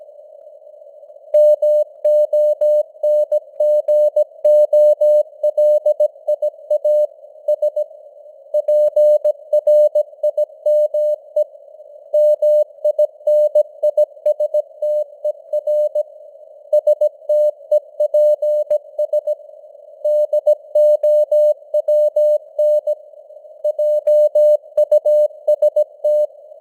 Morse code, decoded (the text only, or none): MONGOLIA S PRIME MINISTER STEPS DOWN JUST